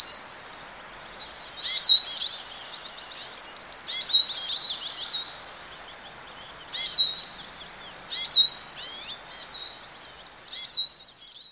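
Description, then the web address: Eurasian siskin song: high, bright twittering phrases laced with twangy slurred notes, given in short bursts with brief pauses between them. Choruses singing in treetops on warm early spring days before pairing; goldfinch-like sounds mixed with a strange bleating call. "Bird Song Site Siskin - Tarin"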